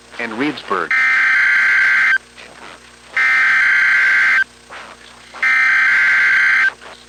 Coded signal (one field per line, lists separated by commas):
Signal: Emergency Alert System (SAME) tones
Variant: header bursts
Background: speech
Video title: EAS catch #1 - Snow Squall warning for northern Ohio 1/27/26